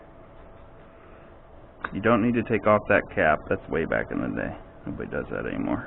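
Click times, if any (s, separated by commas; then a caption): none. A spark plug lead boot is pushed onto the spark plug terminal on a first attempt, during engine assembly on a bike. After about 1.9 seconds of quiet background hum, someone talks. The lead fails to click on, and nothing has seated or clicked yet.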